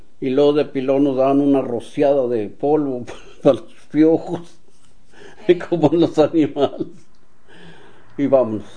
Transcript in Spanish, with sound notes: Y luego de pilón, nos daban una rociada de polvo (risas) pa los piojos (risas) como a los animales. Y, vámonos.